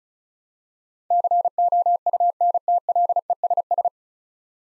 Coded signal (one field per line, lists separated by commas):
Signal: Morse code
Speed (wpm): 36 wpm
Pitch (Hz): 700 Hz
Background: none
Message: COUNTLESS